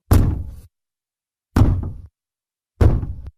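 Three slow, evenly spaced knocks on the wooden door of a bedroom, each a heavy, deep thud that rings briefly before fading, with silence between them and no voices.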